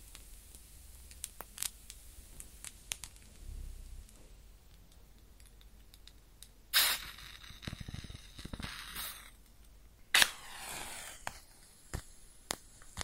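A match is struck and lit, then the flame crackles and sizzles before being put out. Sharp strikes flare up around 7 and 10 seconds, each followed by a hissing burst, with scattered small clicks and pops throughout and a low rumble early on.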